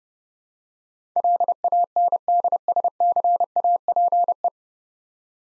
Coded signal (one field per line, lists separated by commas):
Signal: Morse code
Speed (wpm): 30 wpm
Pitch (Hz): 700 Hz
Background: none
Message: LANDSCAPE